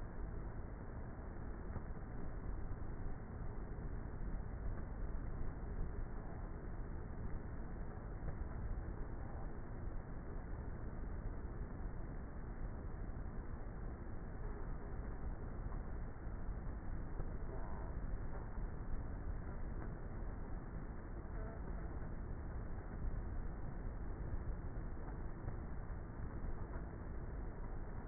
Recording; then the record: honeybee colony, microphone inside the hive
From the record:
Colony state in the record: queenless with a low population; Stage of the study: before two queens were removed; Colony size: about 30,000 bees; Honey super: no